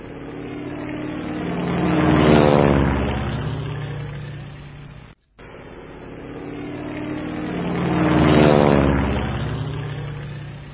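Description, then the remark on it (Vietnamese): A propeller plane's engine roars low overhead, a droning, buzzing growl that swells to a peak and fades as it passes, then returns for a second identical pass after a brief cut. “Tiếng động cơ thuốc buốt như cứa, như dũa cho thần kinh.”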